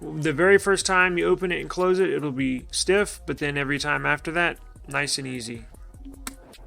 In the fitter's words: snaps right in there